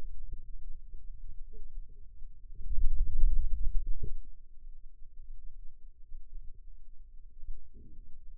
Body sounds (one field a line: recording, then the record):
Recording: forearm muscle sounds (acoustic myography)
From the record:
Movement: hand opening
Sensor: system 2, bracelet of six BSWA MPA416 microphones around the upper forearm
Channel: 5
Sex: male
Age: 22 years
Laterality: right